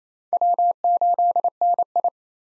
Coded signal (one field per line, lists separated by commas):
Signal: Morse code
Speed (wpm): 28 wpm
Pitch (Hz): 700 Hz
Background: none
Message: W8NI